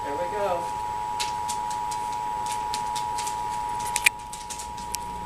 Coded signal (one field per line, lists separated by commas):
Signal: Emergency Alert System (SAME) tones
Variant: 853 and 960 Hz attention tone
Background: speech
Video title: Emergency Alert System,